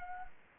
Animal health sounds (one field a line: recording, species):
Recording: mosquito wingbeat signal from an infrared sensor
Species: Anopheles gambiae